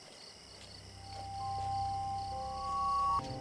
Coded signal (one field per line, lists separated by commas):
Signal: ZX Spectrum tape loading